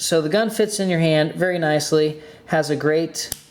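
Someone talks while handling an STI Eagle 6.0 1911 pistol in .45 ACP, holding the frame with its steel thumb safety lever. Nothing has snapped into place or clicked yet; only speech is heard.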